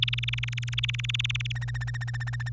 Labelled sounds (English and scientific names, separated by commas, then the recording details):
Domestic Canary (Serinus canaria) song
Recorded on 25 April 2018 at 06:30
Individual llb3